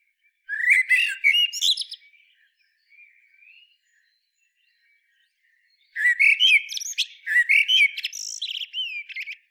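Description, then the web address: Eurasian blackbird singing two phrases several seconds apart, each a low fluted warble rising into shrill squeaky twittering, with soft brief notes between them. "SETE Turdus merula"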